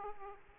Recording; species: mosquito wingbeat signal from an infrared sensor; Aedes aegypti